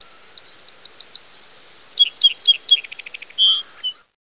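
Song sparrow song: five sharp high introductory notes, a long steady buzz, then a quick run of clipped notes into a fast trill, closing with a lower buzzy note, quiet background.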